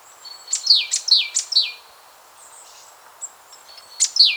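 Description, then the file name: Great tit calls: a rapid series of high notes, each sliding steeply downward, then a pause with faint thin whistles and more falling notes at the end. "Parus major"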